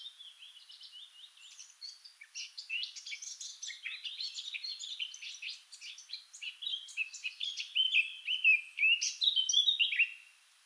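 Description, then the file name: Eurasian blackcap song, a long run of quick, varied warbling notes that gets louder and ends in clearer fluty whistles. "Sylvia atricapilla"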